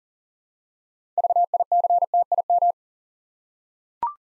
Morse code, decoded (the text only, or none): VICTIM